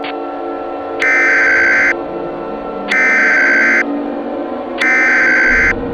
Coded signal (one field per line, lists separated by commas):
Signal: Emergency Alert System (SAME) tones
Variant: header bursts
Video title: [EAS SCENARIO] - Desolation